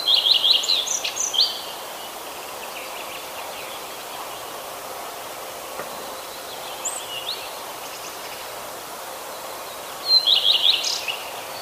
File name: Phoenicurus